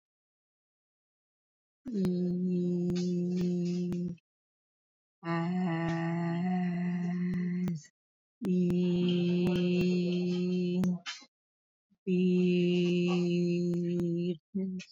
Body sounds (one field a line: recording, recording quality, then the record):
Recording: sustained vowel as in beet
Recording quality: poor, much background noise or distortion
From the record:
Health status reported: healthy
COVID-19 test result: negative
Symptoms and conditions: none ticked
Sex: female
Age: 53 years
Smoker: not ticked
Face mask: worn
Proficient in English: yes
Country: India